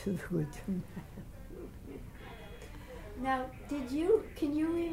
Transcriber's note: chuckles